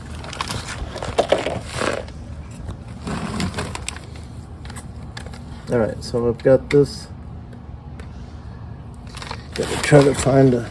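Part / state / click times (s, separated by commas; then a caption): oil drain bolt in engine oil pan, tightened with click torque wrench / torque reached / 3.9 s. A click-type torque wrench set to 36 ft-lb tightens the oil drain bolt in the engine oil pan of a 2017–2022 Honda CR-V during its 90k-mile service, with several knocks as the wrench is positioned and pulled. A sharp, fast-decaying click at 3.9 s marks the wrench breaking at its setting, and the drain bolt is done. Someone talks afterward.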